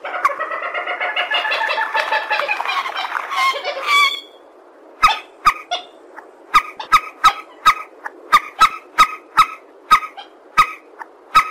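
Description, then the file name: Purple swamphen giving a dense, harsh cackling burst, then spaced single nasal notes with sharp clicks. "tieng trich re keu"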